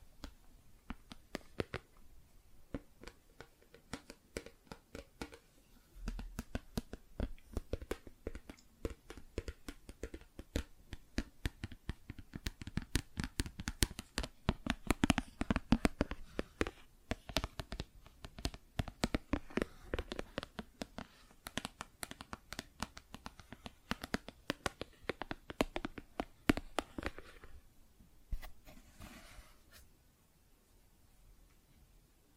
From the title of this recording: Plastic Objects Tapping and Scratching